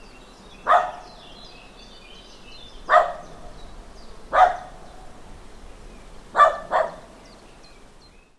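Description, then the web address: Dog giving single barks a second or two apart, ending with a quick double bark, over a quiet background. Dog barking in a small farmyard with a traffic-free background. "Hollywood Edge Historical Series. Small Farmyard Dog Barking"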